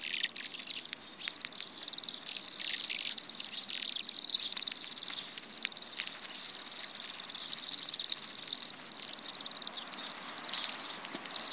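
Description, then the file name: Bohemian waxwing flock calling, a steady stream of high, thin, ringing trills from many birds blending into one continuous shimmer. "Sidensvans"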